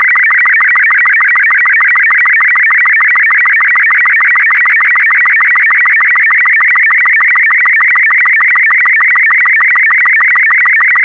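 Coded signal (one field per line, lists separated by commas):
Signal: SSTV (slow-scan television)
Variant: Robot36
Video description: This video has been specially made to be decoded using the SSTV Robot36 format.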